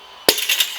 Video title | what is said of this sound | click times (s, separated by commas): Building an 8000 RPM Capable 302 for my F100 Pt. 2 Back to the Machine Shop... | I heard it pop too. Yeah, that was the ring compressor flying off, but yes, I got it. | 0.3 s